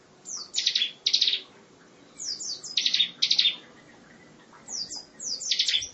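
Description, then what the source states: Lovebird uttering short high buzzy trills led by sharp descending chirps, in three separate bouts with quiet gaps between. Song style locally called ngekek panjang, a long trill, with ciblek.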